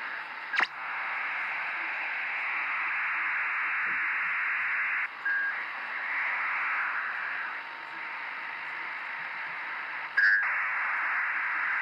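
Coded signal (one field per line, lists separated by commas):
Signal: ACARS aircraft data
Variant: HFDL (HF ACARS)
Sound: steady wide rushing hiss of data bursts, with short tonal preambles between transmissions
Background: radio static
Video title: 17968 kHZ USB Наземная станция ACARS № 15, Бахрейн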